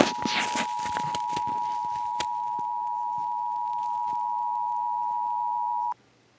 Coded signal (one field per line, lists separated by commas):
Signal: Emergency Alert System (SAME) tones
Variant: 853 and 960 Hz attention tone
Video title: EAS: Pennsylvania Required Monthly Tests (10/15/20)(EAS #489-494)